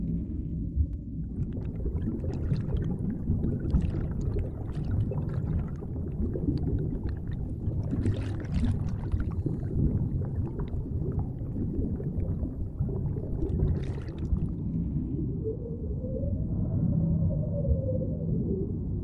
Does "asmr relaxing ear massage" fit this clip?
no